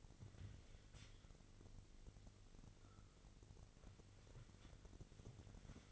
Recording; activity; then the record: daily activity, microphone in the room; wipe stove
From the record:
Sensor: 4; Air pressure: 1002.4 hPa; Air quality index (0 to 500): 216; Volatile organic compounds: 12 ppm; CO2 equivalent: 2338 ppm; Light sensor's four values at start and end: 19/67/24/24 and 19/67/24/24